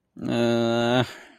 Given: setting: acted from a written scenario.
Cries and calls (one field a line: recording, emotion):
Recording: vocal sound without words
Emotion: shame